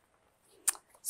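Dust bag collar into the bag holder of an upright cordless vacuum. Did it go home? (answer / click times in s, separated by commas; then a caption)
yes / 0.7 s. A dust bag collar is slid in and up, its hole lined up with the protrusion, and shoved into the bag holder of a Simplicity Freedom upright cordless vacuum. After quiet rustling, a single sharp click sounds at 0.7 s, locking the bag in place. A brief broadband swish follows near the end.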